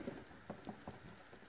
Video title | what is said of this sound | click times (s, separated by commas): Sound Generator removal | is clicked in there so | 0.5 s, 0.7 s, 0.9 s